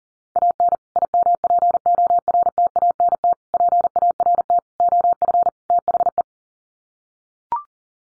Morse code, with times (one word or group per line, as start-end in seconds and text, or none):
0.4-0.8 AN
1.0-3.3 IMPORTANT
3.5-4.6 PART
4.8-5.5 OF
5.7-6.2 THE